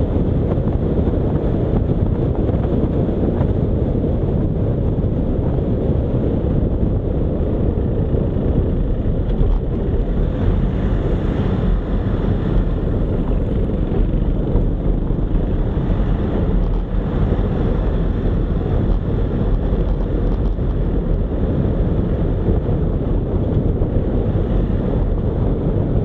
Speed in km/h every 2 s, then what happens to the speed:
48, 47, 40, 30, 29, 31, 30, 31, 35, 42, 44, 42, 39.
0-7 slows to 29. 7-14 steady at about 30. 14-20 speeds up to 44. 20-26 steady at about 42.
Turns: none.